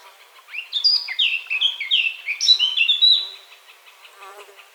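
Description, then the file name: Eurasian blackcap song, a single phrase of quick, varied warbled notes ending in clearer tones before fading, with faint quieter notes afterward. "Sylvia atricapilla"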